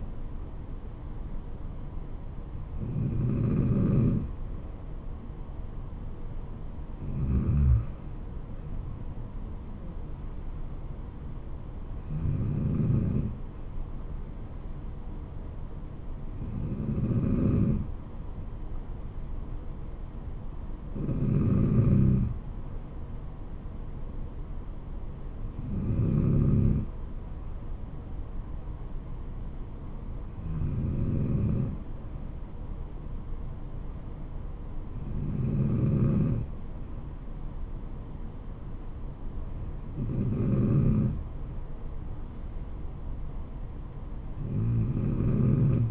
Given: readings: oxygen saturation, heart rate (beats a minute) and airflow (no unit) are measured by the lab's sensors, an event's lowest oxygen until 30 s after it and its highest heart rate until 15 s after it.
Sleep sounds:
breathing in sleep by a smartphone at the bedside; none
none scored
From the record:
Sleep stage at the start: N3 (deep sleep); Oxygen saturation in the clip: 93 to 94%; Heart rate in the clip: 66 to 76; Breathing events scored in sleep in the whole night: 426 in 7.4 hours asleep

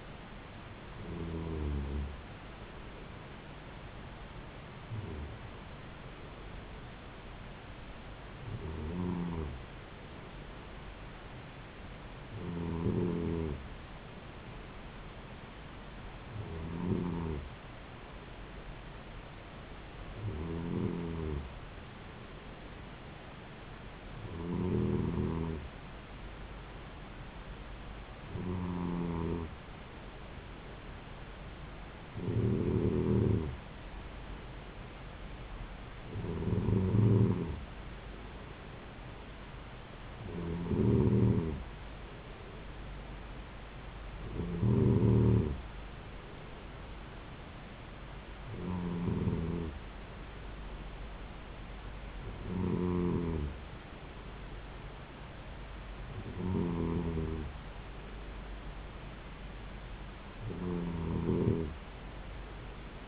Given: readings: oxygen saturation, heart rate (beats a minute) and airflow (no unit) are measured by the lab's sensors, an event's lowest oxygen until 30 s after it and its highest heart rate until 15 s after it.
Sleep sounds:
breathing in sleep by a voice recorder at the bedside; none
none scored
From the record:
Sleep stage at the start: N2 (light sleep); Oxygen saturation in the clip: 93 to 94%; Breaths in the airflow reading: 16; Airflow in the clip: -4.0 to 3.3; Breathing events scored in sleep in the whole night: 270 in 6.1 hours asleep

